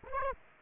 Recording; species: mosquito wingbeat signal from an infrared sensor; Aedes aegypti